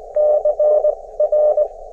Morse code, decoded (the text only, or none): CR